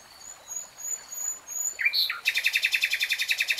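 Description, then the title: Nightingale song opening with soft whistles and a falling slurred note, then breaking into a loud fast throbbing trill of repeated notes. "[Tiếng chim hót] Nightingale Singing"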